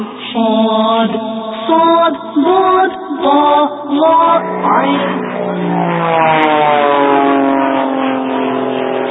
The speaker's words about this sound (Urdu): اب ایک اور پیارا سا جہاز آ رہا ہے، ذرا جہاز کا رنگ تو بتائیے.